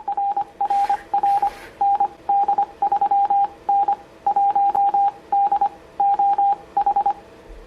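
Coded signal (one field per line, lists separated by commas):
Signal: Morse code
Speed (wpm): 25 wpm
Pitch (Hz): 800 Hz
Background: radio noise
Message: RRR ND3N 1D OH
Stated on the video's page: CW from a Yaesu FT-710.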